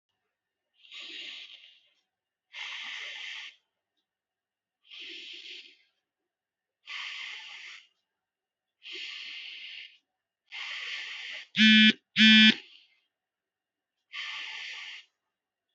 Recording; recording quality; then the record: deep breathing; moderate, slight background noise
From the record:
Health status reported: healthy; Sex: male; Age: 24 years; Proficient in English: yes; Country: India